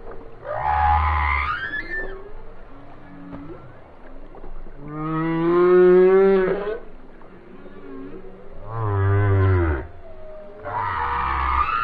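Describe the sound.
Whale song: long harmonic moans alternating with low rumbling grunts, some units rising in pitch, repeated in phrases a few seconds apart.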